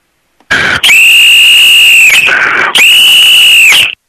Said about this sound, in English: Whistle.